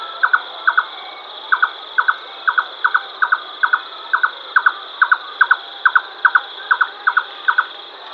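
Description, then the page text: Red-necked nightjar giving a steady series of paired hollow knocks throughout, with a constant high-pitched background hiss. "Red-Necked Nightjar Call. Quick Sounds"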